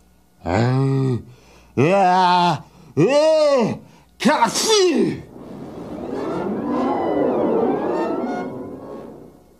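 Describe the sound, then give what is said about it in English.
A voice acts out a huge sneeze: three drawn-out, wavering 'ah' sounds build up, then a sharp burst gives way to a long, loud rush of breathy noise. “The bear, tickled by the mouse's whiskers, gave an enormous sneeze.”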